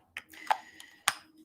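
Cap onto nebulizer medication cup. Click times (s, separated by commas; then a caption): 1.1 s. A plastic cap is twisted onto a nebulizer medication cup, with a few short ticks and a light scrape during the twist. A sharp click at 1.0 seconds shows the cap is fully and securely on.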